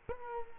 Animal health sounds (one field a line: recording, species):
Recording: mosquito wingbeat signal from an infrared sensor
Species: Culex quinquefasciatus